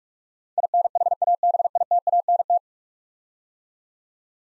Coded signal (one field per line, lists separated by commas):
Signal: Morse code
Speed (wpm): 46 wpm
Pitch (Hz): 700 Hz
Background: none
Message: INHABITANT